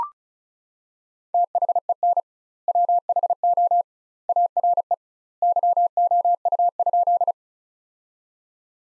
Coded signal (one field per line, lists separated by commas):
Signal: Morse code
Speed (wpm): 36 wpm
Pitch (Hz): 700 Hz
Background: none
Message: THEN WHO ARE YOU?